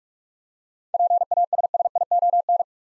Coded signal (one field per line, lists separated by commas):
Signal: Morse code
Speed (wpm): 41 wpm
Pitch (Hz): 700 Hz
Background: none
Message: PASSION